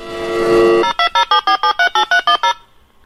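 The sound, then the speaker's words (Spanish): A telephone ringtone: one held electronic tone, then a quick run of about eleven evenly spaced, loud beeps that alternate between two pitches, with no voices. “Pues bien, que sepáis que estas cosas tienen dueño, porque el sol, el grito de Tarzán y los tonos telefónicos tienen la misma dueña.”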